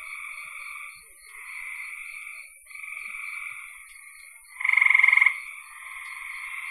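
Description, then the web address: Frog chorus of softer overlapping trills, then a loud rapid pulsed trill near the end, over a steady high hiss. "cn frogs"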